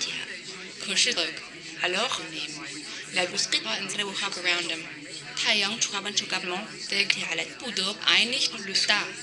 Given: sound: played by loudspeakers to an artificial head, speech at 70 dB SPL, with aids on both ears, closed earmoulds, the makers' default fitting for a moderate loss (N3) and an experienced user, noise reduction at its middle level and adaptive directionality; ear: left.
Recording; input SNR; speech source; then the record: speech test signal (ISTS) in cocktail-party noise; +3 dB; in front (0 degrees)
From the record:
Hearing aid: class 1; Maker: B